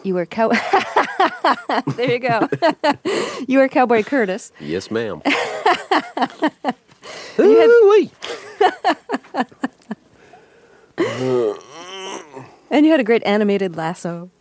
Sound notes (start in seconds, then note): 0.5 laughter; 5.2 laughter